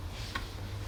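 A spark plug wire boot is pushed down onto the spark plug in a Toyota RAV4 engine. Over a low steady hum, one short, sharp click sounds at 0.4 s. The click shows the boot is fully and perfectly seated on the plug.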